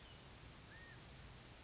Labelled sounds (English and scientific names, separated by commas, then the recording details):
California Quail (Callipepla californica)
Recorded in Sonoma County, California